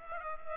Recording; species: mosquito wingbeat signal from an infrared sensor; Culex pipiens